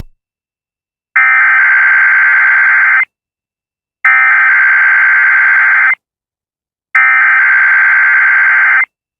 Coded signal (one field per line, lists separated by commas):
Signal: Emergency Alert System (SAME) tones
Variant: header bursts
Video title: EAS 140-142 - TESTS EVERYWHERE….